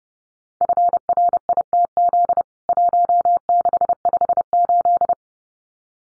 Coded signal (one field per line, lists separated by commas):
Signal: Morse code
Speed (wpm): 30 wpm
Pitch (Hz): 700 Hz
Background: none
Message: FRITZ 1658